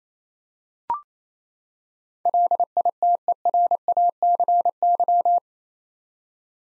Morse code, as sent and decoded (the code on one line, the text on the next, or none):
.-.. .. - . .-. .- -.-. -.--
LITERACY